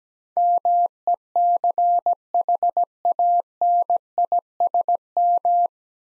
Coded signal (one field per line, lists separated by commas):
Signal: Morse code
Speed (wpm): 17 wpm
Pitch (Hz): 700 Hz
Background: none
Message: MECHANISM